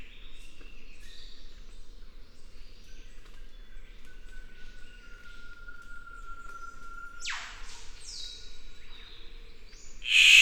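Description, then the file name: Victoria's riflebird calls with a harsh, broad, rasping burst late on and another loud one at the very end, after a long, thin, steady whistle and soft chirps. "Ptiloris Victoriae"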